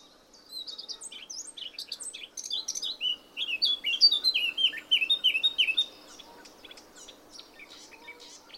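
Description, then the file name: Eurasian blackcap song: a rapid, scratchy warble of high chirps that moves into a run of clear, fluty whistled notes, then fades to soft twitters. "Sylvia atricapilla"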